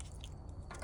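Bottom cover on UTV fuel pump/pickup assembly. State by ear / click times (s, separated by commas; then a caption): not seated / none. The plastic bottom cover of the in-tank fuel pump/pickup assembly on a Can-Am Commander UTV is slid back onto the bottom of the assembly during a pre-filter replacement. Soft squishy handling noises are heard, with brief sharp transients at 0.0 s and 0.2 s. The cover has not yet snapped into place and nothing has seated yet.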